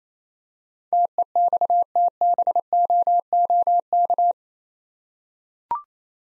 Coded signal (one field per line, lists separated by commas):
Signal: Morse code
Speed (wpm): 27 wpm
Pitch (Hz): 700 Hz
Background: none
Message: TEXTBOOK